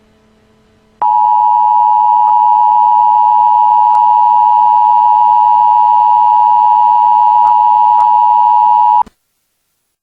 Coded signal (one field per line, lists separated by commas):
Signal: Emergency Alert System (SAME) tones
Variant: 853 and 960 Hz attention tone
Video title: EAS Alert: Missile crisis in lylat